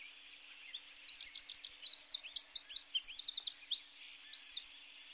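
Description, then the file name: Eurasian wren pouring out a fast, high, tumbling song of sharp notes and rattling trills lasting about four seconds. "Troglodyte Mignon"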